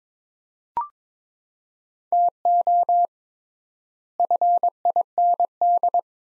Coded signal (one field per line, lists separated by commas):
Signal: Morse code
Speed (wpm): 22 wpm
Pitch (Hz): 700 Hz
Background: none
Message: TO FIND